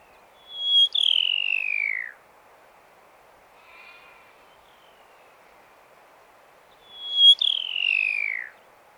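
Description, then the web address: Pipit calling twice, several seconds apart: each call a high whistle sliding into a long, buzzy, falling note, with a faint soft chirp between. "animal-sound pipit-sound"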